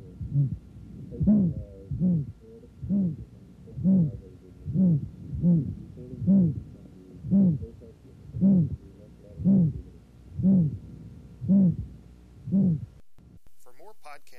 Aortic valve stenosis heard from the apex. The murmur has a higher frequency and more pure quality. In this instance, this is known as Gallivardin's disassociation, which is diagnostic of calcific or acquired aortic valve stenosis.